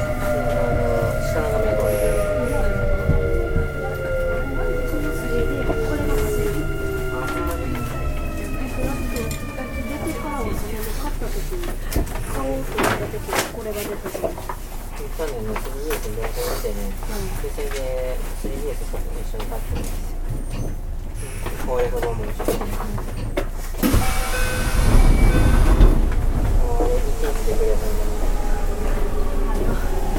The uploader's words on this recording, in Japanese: 近畿日本鉄道5820系の走行音です。奈良線の各駅停車にて収録しました。区間は、大阪難波から河内小阪までです。